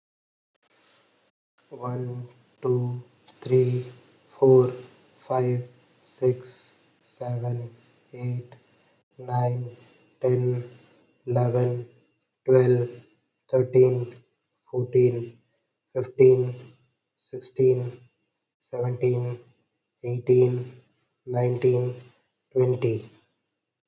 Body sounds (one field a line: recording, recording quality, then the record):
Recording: counting at a normal pace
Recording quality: excellent, no background noise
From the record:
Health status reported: healthy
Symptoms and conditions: none ticked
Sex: male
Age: 26 years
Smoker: not ticked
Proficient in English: yes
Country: India